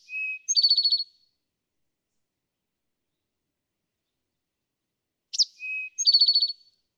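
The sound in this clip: Eastern towhee song, the tail of one phrase then a full phrase: sharp note, lower whistle, fast buzzy trill, separated by quiet.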